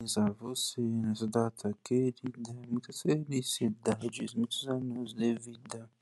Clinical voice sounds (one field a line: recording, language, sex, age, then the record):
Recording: short text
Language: Brazilian Portuguese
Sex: male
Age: 20 to 29 years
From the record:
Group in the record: control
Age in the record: 27 years